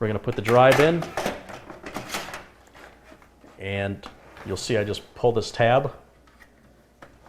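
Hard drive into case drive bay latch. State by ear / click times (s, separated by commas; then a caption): seated / 7.0 s. A hard drive is slid into a tool-less drive bay in a computer case while someone talks. The plastic tab is pushed forward, and the latch locks the drive in place with a sharp click at 7.0 s.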